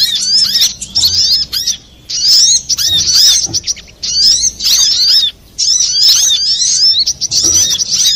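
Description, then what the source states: Little spiderhunter song in clear bursts of piercing, rapid twittering notes, with short gaps between. Masteran, used for training cage birds.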